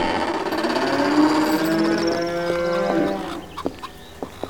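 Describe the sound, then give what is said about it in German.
Cows low in a cowshed, a loose-housing barn (Boxenlaufstall) where the cows live in winter: a long, loud, drawn-out moo that slides downward in pitch, followed by a few sharp clanks and knocks once the mooing fades. “Hört ihr was? Ja, Kühe.”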